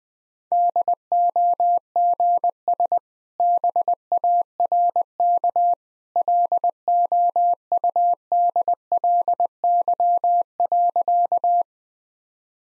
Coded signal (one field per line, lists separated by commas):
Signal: Morse code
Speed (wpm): 20 wpm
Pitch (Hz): 700 Hz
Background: none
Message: DOGS BARK LOUDLY.